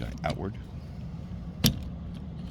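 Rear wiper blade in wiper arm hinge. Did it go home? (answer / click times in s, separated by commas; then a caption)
released / 1.7 s. Someone talks as a rear wiper blade is pulled outward off the plastic hinge on the wiper arm of a 2022–2025 Toyota RAV4. At 1.7 s the blade releases with one sharp pop and comes out of the hinge.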